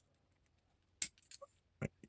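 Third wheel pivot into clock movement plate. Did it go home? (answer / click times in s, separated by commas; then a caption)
yes / 1.0 s. While reassembling a Regula 34 8-day cuckoo clock movement, pressure on the brass plates lets the misaligned third wheel's pivot drop into its plate hole. A sharp metallic snap at 1.0 s marks it seating, followed by a few fainter ticks and rattles. The third wheel is now seated.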